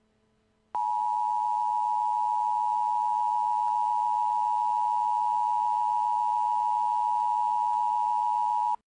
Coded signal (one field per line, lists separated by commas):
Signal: Emergency Alert System (SAME) tones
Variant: 853 and 960 Hz attention tone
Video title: EAS Scenario #3 Halloween (REUPLOAD + CONTAINS JUMPSCARES)